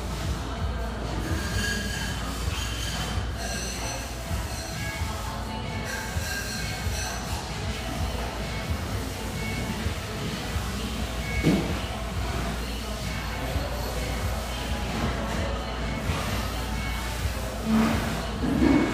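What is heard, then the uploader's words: Lively chatter fills a tea room, many overlapping voices at a steady level with a low hum underneath and occasional brief clinks. Lively chatter from this spacious, vivacious tea room in the North End of Boise.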